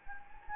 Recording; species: mosquito wingbeat signal from an infrared sensor; Anopheles gambiae